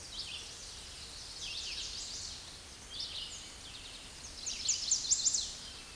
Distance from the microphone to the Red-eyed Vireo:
about 30 m